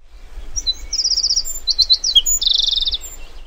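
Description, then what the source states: Whinchat giving high, buzzy trilled phrases and scratchy chirps in quick succession, with a low rumbling noise underneath. Recorded on 9 June 2017.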